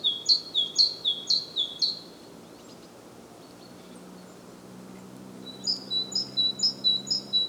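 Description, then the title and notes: Great tit singing a ringing two-note 'teacher' phrase, four rapid repeats, a pause, then another strophe of several phrases with a slightly different pattern. Recorded at Głodówka, Žilina Region, Slovakia, with a Zoom F3 recorder and Usi Pro microphones. "Głodówka, Kraj żyliński, Słowacja - Great voice of a great tit. Recordist: Maciej Wirmański"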